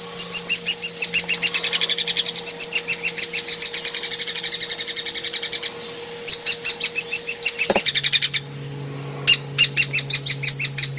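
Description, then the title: Hairy woodpecker calls: long, rapid trains of sharp, high chattering notes, briefly broken and then resuming as spaced sharp notes, over a steady electrical hum. Used as masteran tutoring audio for training kacer, murai and cucak hijau songbirds. "platuk hairy untuk kacer murai cucak hijau masteran"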